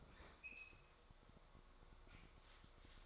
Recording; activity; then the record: daily activity, microphone in the room; open fridge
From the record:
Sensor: 3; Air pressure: 1004.6 hPa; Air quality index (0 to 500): 193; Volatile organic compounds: 13 ppm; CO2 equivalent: 2422 ppm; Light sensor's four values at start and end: 5/12/4/4 and 5/12/4/4